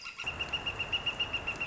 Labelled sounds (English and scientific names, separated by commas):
Northern Flicker (Colaptes auratus)